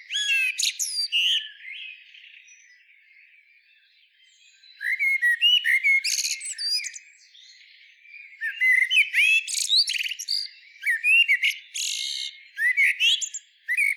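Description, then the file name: Common blackbird song: warbled phrases mixed with squeaky high twitters, separated by pauses, one of them lasting a few seconds. "Turdus merula"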